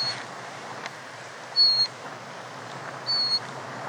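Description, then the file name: Horned lark uttering two thin, high, level notes about a second and a half apart against a steady hiss of background noise. "berglarka"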